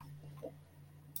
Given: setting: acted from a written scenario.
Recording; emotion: vocal sound without words; triumph